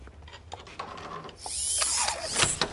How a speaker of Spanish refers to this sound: Varios hombres se acercan al portal del edificio. Uno de ellos abre la puerta con una ganzúa eléctrica.